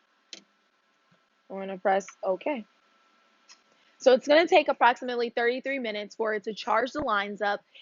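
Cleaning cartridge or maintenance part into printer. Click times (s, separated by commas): 0.3 s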